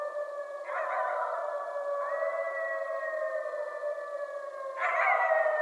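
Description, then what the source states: Coyote howls, long sustained notes held steady for several seconds, joined by another voice near the end. Coyotes, more than one, recorded at night on 16 January 2012.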